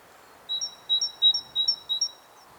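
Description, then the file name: Great tit singing five crisp two-part phrases in quick, regular succession, each a lower whistle followed by a higher one, background hushed. "Parus major"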